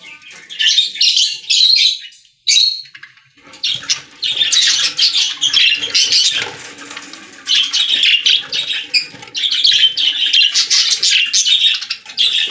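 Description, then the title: Budgerigar warbling chatter, mostly continuous scratchy buzzing with chirps after a brief pause early on. "Budgie Sounds"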